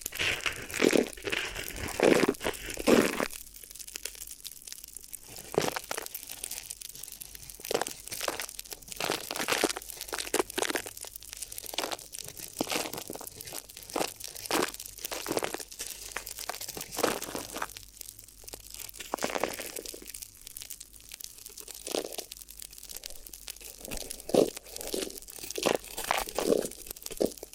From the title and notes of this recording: ASMR Addictive Crinkly Ear Massage (No Talking).